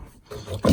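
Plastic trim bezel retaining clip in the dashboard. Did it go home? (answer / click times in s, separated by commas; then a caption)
released / 0.6 s. A plastic instrument cluster bezel on a 2007 Chevy Suburban dashboard is pulled by hand at its edge. After a quiet, low rustle, a sharp pop sounds at 0.7 s as the retaining clip releases from the dash.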